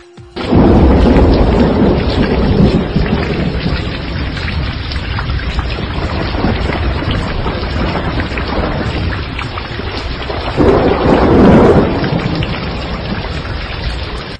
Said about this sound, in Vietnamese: Sấm chớp đầu xuân giật từng trận, mưa to tầm tã.